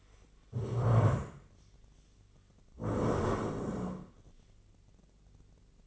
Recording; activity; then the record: daily activity, microphone in the room; stand up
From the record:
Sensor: 4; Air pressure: 1013.2 hPa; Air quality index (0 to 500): 175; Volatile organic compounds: 2 ppm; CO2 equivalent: 1106 ppm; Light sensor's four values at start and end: 46/113/48/51 and 46/113/47/50